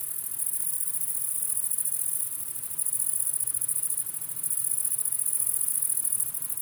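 Grasshopper stridulating: a very high, thin, continuous buzz in long bouts separated by short breaks, over a soft low hiss.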